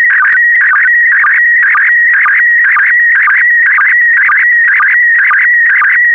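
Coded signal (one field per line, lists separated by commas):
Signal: SSTV (slow-scan television)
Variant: PD120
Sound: warbling, buzzy tone shifting in pitch, with a short low blip about twice a second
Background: radio static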